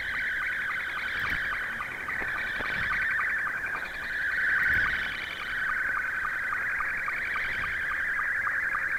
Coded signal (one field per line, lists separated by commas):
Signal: SSTV (slow-scan television)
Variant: Scottie 2